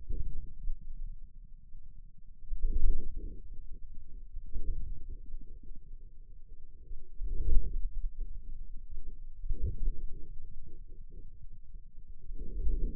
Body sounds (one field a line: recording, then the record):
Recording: forearm muscle sounds (acoustic myography)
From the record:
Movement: inward rotation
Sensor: system 2, bracelet of six BSWA MPA416 microphones around the upper forearm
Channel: 6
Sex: male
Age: 22 years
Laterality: right